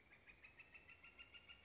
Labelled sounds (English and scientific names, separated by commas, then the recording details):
Northern Flicker (Colaptes auratus)
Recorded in Sonoma County, California